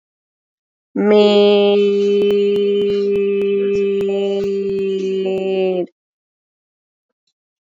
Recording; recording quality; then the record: sustained vowel as in made; excellent, no background noise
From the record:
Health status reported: exposed to COVID-19, no respiratory illness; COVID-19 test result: negative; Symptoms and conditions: cough, asthma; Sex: female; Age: 33 years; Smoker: not ticked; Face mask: not worn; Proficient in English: yes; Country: India